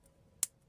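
A plastic back cover is pressed along the frame of an Infinix Hot 10 Play smartphone. After a quiet stretch, a single sharp, bright clip snap sounds at 0.4 s. The cover clip has snapped in and seated.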